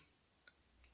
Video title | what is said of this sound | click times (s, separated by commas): Samsung Flagship You Never Knew Existed! | Okay, it clicked down, but look. | 0.5 s, 0.8 s